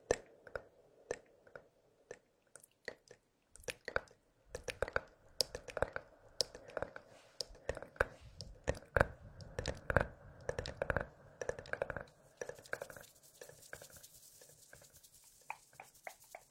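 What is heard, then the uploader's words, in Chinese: Hands rub together in short, uneven bursts of dry scratchy friction, with quick sharp clicks scattered throughout. The rubbing grows denser and busier after about four seconds, and a faint steady hiss fills the top during the last few seconds. 搓手手。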